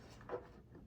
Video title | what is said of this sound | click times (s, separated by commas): Mercedes Benz E55 AMG w211 LED Plate Frame Lights and Trunk Lip/Spoiler Installation | the first one will be for the emergency light and again these just clicked right in | 0.2 s, 0.3 s